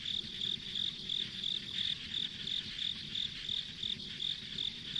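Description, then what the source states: Insects chirping: a high pulsed trill repeated about three times a second, over a steady chorus and low rumbling background. Ambient insect sounds on a rural country road.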